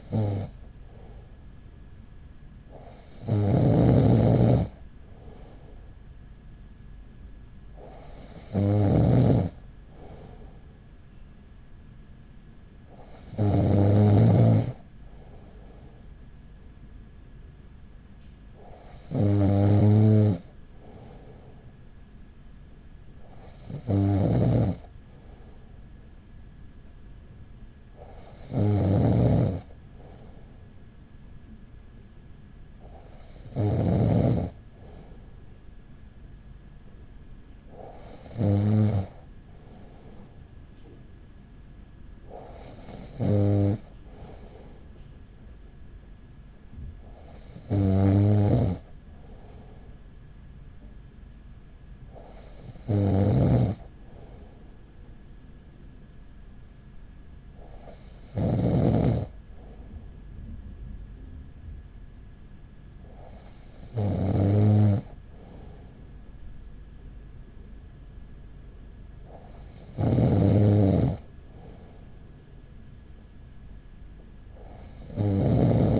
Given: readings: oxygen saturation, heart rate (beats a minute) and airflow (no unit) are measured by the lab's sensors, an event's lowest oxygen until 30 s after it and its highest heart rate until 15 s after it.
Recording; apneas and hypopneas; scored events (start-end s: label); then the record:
breathing in sleep by a smartphone at the bedside; none
none scored
From the record:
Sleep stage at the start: N2 (light sleep); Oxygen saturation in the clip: 94 to 96%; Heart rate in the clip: 39 to 45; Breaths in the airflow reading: 15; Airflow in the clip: -5.2 to 5.8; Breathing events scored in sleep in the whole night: 207 in 7.6 hours asleep